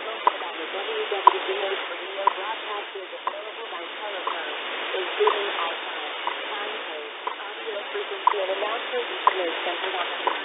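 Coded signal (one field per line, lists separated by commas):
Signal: radio time signal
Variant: WWV/WWVH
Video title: 10000KHZ WWVH and WWV 2022 /05 /16 19:50JST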